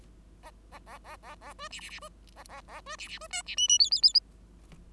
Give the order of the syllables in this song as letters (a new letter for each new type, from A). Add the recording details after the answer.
A A A A A A B C C C B A A A B C C B D C E E F F F. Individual Bird5